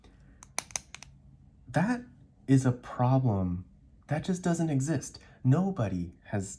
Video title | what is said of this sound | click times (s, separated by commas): Platinum Curidas and Opus 88 Demonstrator - an unlikely pair of huge affordable fountain pens | it clicks as the nib opens. | 0.6 s, 0.8 s